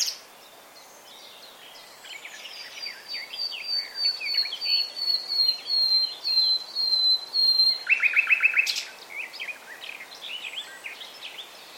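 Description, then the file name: Common nightingale song: a long series of repeated notes growing steadily louder, then a fast throbbing trill and softer chirps. "Luscinia megarhynchos"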